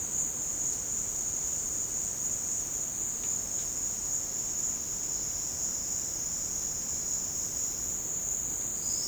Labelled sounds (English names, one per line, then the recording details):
none
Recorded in secondary vegetation near Puerto Asís, Putumayo, Colombia, on 12 March 2025 at 16:00
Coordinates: 0.485, -76.322
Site G040